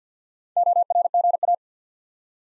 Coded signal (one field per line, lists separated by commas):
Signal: Morse code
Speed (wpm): 48 wpm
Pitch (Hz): 700 Hz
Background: none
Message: ORGA